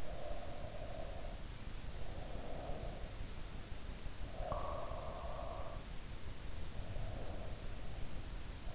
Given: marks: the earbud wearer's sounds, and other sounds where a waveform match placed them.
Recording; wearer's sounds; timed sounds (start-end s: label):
sounds in sleep by an in-ear microphone; breath, snoring breath
0.00-1.37 s: breath
2.14-2.97 s: breath
4.28-6.73 s: snoring breath